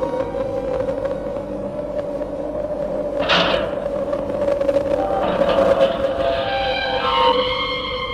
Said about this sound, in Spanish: La oscuridad de aquel atardecer había caído ya cuando dejó atrás el chirrido de las verjas.